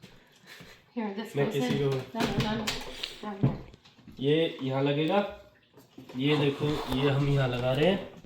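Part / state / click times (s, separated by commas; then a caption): vacuum attachment into vacuum cleaner body/wand / not seated / none. An attachment is being fitted by hand onto a Shark vacuum cleaner's body or wand, a part that locks in automatically, while someone talks throughout. The clip ends before the part goes home, so nothing has seated or clicked yet.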